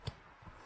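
A hidden magnet in the front pouch flap of a PGYTECH One Mo camera backpack pulls the flap shut with a short, sharp snap at 0.1 s. A fainter, low thump follows at about 0.5 s, and the flap ends up closed and held by the magnet.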